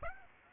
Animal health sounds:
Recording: mosquito wingbeat signal from an infrared sensor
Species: Aedes aegypti

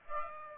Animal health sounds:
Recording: mosquito wingbeat signal from an infrared sensor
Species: Aedes aegypti

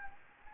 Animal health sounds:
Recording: mosquito wingbeat signal from an infrared sensor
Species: Anopheles gambiae

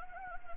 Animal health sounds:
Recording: mosquito wingbeat signal from an infrared sensor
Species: Anopheles gambiae

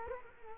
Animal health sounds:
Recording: mosquito wingbeat signal from an infrared sensor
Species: Culex quinquefasciatus

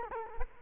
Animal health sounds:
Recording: mosquito wingbeat signal from an infrared sensor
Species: Culex quinquefasciatus

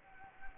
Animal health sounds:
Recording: mosquito wingbeat signal from an infrared sensor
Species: Anopheles gambiae

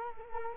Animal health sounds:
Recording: mosquito wingbeat signal from an infrared sensor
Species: Culex quinquefasciatus

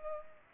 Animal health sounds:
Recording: mosquito wingbeat signal from an infrared sensor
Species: Culex pipiens

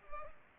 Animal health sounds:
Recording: mosquito wingbeat signal from an infrared sensor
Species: Culex pipiens

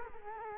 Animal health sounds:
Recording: mosquito wingbeat signal from an infrared sensor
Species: Culex quinquefasciatus

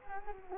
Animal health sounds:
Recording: mosquito wingbeat signal from an infrared sensor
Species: Culex quinquefasciatus

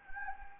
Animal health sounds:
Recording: mosquito wingbeat signal from an infrared sensor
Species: Anopheles gambiae

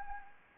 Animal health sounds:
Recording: mosquito wingbeat signal from an infrared sensor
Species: Anopheles arabiensis

